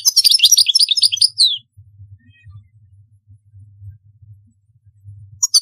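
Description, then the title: European goldfinch song: a quick, bright twittering phrase at the start, then a quiet stretch with only a low hum, and a last few notes. "Chant Chardonneret"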